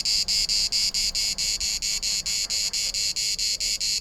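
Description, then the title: Cicada orni buzzing in a regular train of loud, grating pulses several per second. Sings on trees and shrubs; can repeat up to six times per second. "Cigala, cicada orni"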